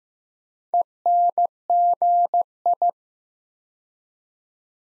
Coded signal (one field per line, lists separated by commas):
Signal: Morse code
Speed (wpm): 15 wpm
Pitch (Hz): 700 Hz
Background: none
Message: ENGI